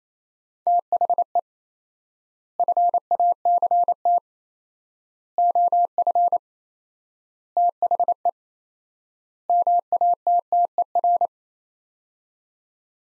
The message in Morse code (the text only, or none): THE FACT OF THE MATTER